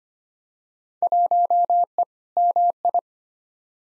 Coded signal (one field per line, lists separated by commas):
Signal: Morse code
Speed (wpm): 25 wpm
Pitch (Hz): 700 Hz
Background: none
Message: 1E MI